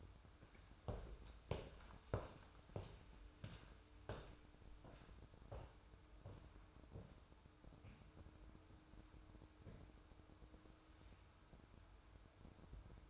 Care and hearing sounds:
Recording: daily activity, microphone in the room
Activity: walk to room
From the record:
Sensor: 2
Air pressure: 988.1 hPa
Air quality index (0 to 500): 177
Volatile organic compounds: 115 ppm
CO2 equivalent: 3844 ppm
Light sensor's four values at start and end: 21/70/27/26 and 21/71/28/26

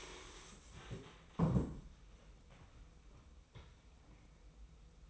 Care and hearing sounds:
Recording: daily activity, microphone in the room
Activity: stand up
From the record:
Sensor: 1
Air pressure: 990.5 hPa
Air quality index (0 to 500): 155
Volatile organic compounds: 1000 ppm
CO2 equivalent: 5637 ppm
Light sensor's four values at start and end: 27/64/27/30 and 27/63/27/29

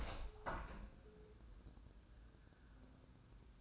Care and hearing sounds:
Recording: daily activity, microphone in the room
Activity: open window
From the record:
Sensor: 2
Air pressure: 1014.7 hPa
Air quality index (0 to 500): 72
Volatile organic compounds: 1 ppm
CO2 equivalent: 930 ppm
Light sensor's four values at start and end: 8/19/8/8 and 8/20/8/8

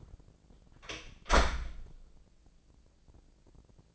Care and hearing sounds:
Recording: daily activity, microphone in the room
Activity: close door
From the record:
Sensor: 5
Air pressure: 1012.5 hPa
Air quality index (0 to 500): 159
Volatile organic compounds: 2 ppm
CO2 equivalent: 1086 ppm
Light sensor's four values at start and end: 214/522/218/238 and 212/515/215/234

